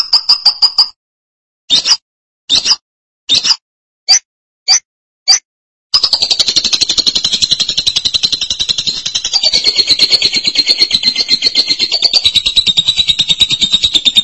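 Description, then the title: Lovebird giving several short sharp bursts spaced by silences, then breaking into a long, rapid, buzzy chattering trill that carries on to the end. "BM Suara Burung Lovebird"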